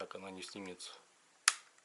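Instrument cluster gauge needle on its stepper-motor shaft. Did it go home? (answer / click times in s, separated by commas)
released / 1.5 s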